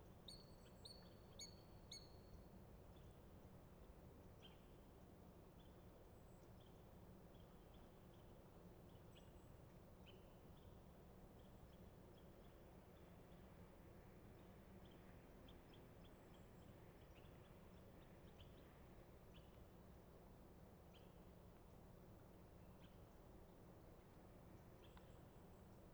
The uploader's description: Dawn in Little Pend Oreille National Wildlife Refuge, Bayley's Lake is waking.